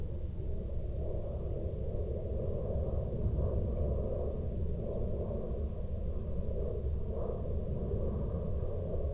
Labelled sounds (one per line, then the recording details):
aircraft
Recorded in the Prudhoe Bay oil fields, Alaska, on 30 July 2021 at 06:55
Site 13